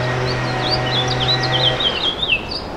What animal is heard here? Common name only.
House Finch